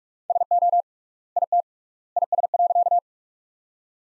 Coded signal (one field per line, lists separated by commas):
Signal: Morse code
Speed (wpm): 44 wpm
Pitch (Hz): 700 Hz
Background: none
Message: SO IT IS.